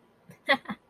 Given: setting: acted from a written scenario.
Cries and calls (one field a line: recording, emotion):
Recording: vocal sound without words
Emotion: pride